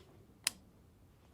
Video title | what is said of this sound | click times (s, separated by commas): Springfield Armory 1911 DS Prodigy Problems - The $1500 Fixer Upper Pistol | click coming off but when it does come off | 0.5 s